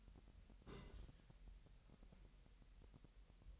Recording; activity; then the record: daily activity, microphone in the room; place on stove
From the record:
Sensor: 3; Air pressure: 1002.0 hPa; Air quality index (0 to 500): 247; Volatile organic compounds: 50 ppm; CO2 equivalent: 3292 ppm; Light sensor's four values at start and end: 6/15/6/6 and 6/15/6/6